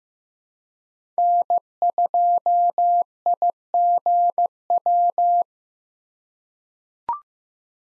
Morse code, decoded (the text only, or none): N2IGW